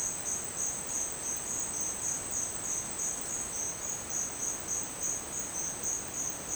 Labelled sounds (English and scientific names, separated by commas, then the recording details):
none
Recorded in dense forest near Puerto Asís, Putumayo, Colombia, on 29 June 2025 at 10:00
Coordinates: 0.484, -76.317
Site G045